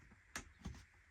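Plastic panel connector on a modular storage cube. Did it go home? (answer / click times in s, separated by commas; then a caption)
yes / 0.4 s. A plastic connector piece is pushed onto the edge of a wire or plastic panel of a modular storage cube. A sharp click is heard at 0.4 s, followed by a second, duller knock around 0.7 s. The connector seats on the panel.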